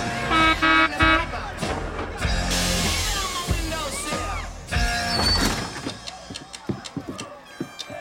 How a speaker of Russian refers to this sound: Подъехал автобус.